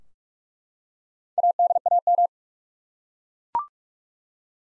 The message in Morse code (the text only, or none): ADAM